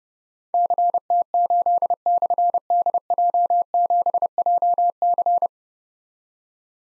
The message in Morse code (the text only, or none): CT8/DJ7JC